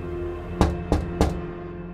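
Three sharp knocks on a door in quick, even succession, each a firm thud with a bright crack, over a low steady hum. No voices.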